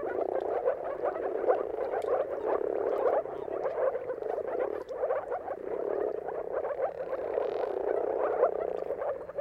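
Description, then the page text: Moor frogs in full chorus, an unbroken soft bubbling and gurgling texture from many calling males. Dawn chorus of moor frogs giving mating calls at sunrise, turn of March and April, timing depending on weather; recorded by Jakub Orzecki. "earth-fm Jakub-Orzecki moor frogs. Dawn’s Chorus: Mating Calls of Marsh Frogs at Sunrise. Depending on the weather at the turn of March and April, you can witness an amazing spectacle of moor frogs"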